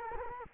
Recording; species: mosquito wingbeat signal from an infrared sensor; Culex quinquefasciatus